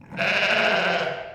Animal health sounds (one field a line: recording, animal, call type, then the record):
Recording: contact call of a hoofed animal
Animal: sheep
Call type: low-frequency (closed-mouth) or high-frequency (open-mouth) call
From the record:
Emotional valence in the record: negative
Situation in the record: short social isolation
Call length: 1.35 s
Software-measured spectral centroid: 2200 Hz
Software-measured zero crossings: 2840 a second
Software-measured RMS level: -23 dBFS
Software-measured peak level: -8 dBFS